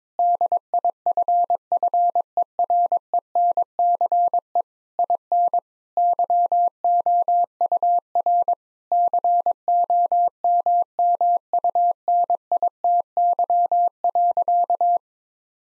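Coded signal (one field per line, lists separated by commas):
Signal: Morse code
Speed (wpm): 21 wpm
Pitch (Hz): 700 Hz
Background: none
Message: DIFFERENCE IN YOUR COMMUNITY.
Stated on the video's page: Morse practice at 22 wpm: difficult sentences with contextual hints as priming for copying.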